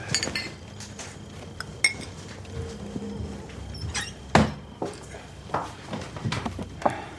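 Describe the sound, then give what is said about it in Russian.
Small cognac glasses clink and knock against a kitchen tabletop in a loose, irregular series of sharp, bright taps, with soft rustling and shuffling between them. “Это что? Коньячные рюмки.”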